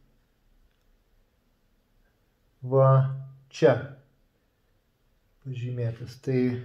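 A processor is lined up by its triangle marker and held over a motherboard CPU socket, before being placed in. Someone talks in two short bursts around 2.6–4.1 s and 5.5–6.7 s, with near silence before and between. Nothing has seated or clicked yet.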